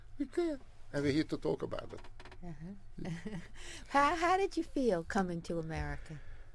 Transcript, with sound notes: We can't and we're here to talk about it.
(laughs) How did you feel coming to America?